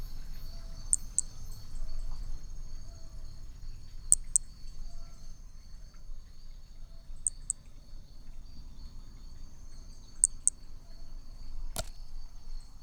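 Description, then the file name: Brachycephalus hermogenesi calls: high, sharp paired clicks repeated roughly every three seconds, over a steady high insect drone and low rumbling background. Picinguaba, Brazil, 13 December 2017, at 5 to 20 cm from the animal; individual 4, example 3. "MHNCI B hermogenesi Picinguaba ind 4 ex 3 tudo 5-20 cm distancia 13 dez 2017 MRB"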